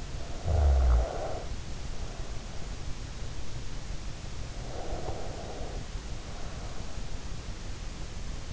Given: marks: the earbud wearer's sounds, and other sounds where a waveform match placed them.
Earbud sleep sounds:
sounds in sleep by an in-ear microphone; snoring breath, breath
0.00-2.57 s: snoring breath
4.46-7.03 s: breath

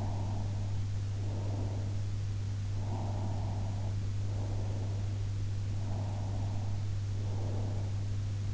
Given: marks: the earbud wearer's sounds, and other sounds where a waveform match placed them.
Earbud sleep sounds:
sounds in sleep by an in-ear microphone; breath
0.00-2.04 s: breath
2.96-5.17 s: breath
5.80-7.97 s: breath

